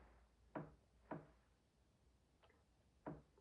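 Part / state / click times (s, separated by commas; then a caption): thread into the sewing machine thread guide or tension / seated / 0.6 s. On a Kenmore 158.1752 sewing machine, thread held tight under a thumb is pulled up until it drops into the thread guide or tension. It seats with a little click at 0.6 s. Similar short clicks follow at 1.1 s and 3.1 s, and a fainter tick comes at about 2.4 s.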